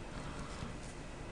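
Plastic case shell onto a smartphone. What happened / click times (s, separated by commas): The case is being lined up; no seating click is heard / none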